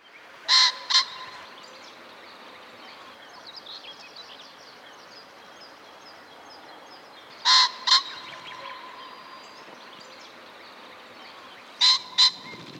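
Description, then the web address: Common pheasant giving loud, harsh two-note crowing calls, each pair quick and abrupt, repeated three times several seconds apart. Short call, Bavaria, Germany. "wildtiere bayern phasianus colchicus call short"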